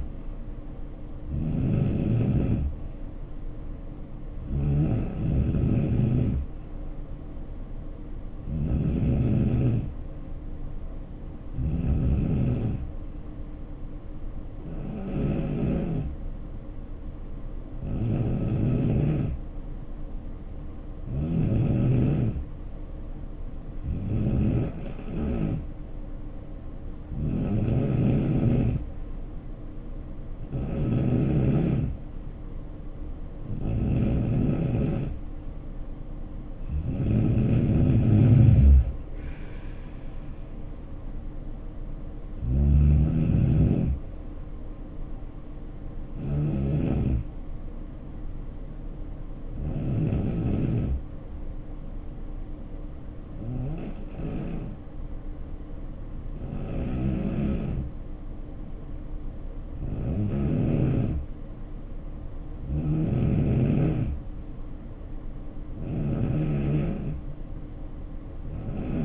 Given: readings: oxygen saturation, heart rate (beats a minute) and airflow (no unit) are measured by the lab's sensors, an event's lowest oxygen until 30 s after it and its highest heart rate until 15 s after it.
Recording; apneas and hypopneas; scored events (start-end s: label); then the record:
breathing in sleep by a smartphone at the bedside; 2
7.00-69.05 s: new sleep stage, N3 (deep sleep)
10.00-26.00 s: hypopnea (N3, oxygen 92% highest, then 89% lowest, heart rate 71 at the start, 73 highest)
48.00-64.00 s: hypopnea (N3, oxygen 92% highest, then 88% lowest, heart rate 65 at the start, 75 highest)
From the record:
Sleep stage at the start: N2 (light sleep); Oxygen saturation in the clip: 89 to 93%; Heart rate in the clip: 62 to 75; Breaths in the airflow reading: 20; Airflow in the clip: -6.3 to 10.5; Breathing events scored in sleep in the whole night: 520 in 7.2 hours asleep